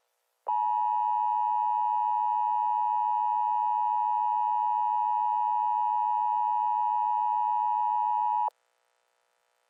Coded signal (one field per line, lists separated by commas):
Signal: Emergency Alert System (SAME) tones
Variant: 853 and 960 Hz attention tone